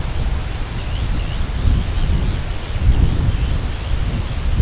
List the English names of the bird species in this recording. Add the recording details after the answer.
Arctic Tern. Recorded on Arctic tundra, site CORI-1, on 18 June 2018. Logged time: 04:00